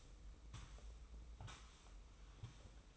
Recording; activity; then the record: daily activity, microphone in the room; sweep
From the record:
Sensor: 1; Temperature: 25.3 degrees Celsius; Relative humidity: 44.0%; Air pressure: 990.5 hPa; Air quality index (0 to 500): 177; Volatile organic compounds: 1000 ppm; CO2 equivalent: 6527 ppm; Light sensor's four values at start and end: 29/67/29/32 and 28/62/27/30